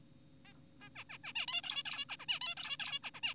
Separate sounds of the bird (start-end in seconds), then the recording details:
0.45-0.53, 0.81-0.89, 0.96-1.04, 1.10-1.18, 1.24-1.33, 1.36-1.46, 1.48-1.62, 1.64-1.83, 1.86-2.06, 2.10-2.16, 2.20-2.26, 2.29-2.40, 2.41-2.55, 2.57-2.77, 2.80-3.00, 3.04-3.11, 3.14-3.20, 3.23-3.34. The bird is an adult. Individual g4p5U